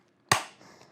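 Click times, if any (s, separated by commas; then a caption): 0.3 s. On a re-covered 2007-2014 GM center console lid that has been flipped over, the plastic latch mechanism is pressed back into the lid and snaps into place with a single sharp, loud click at 0.3 s. The click rings and fades over about half a second, followed by faint small ticks. The latch is seated and confirmed good.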